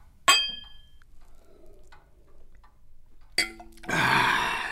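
Glasses of cognac clink once in a toast with a bright ringing tone that fades over a second, followed after a quiet pause by another knock and a loud rush of hissing noise.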